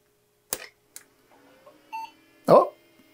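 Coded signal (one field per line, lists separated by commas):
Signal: beep code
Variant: Award BIOS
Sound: one short mid-pitched beep among clunks and handling noises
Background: handling clunks, room noise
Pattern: 1 short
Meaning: A single short POST beep means the self-test passed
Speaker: oh I got a post beep there we go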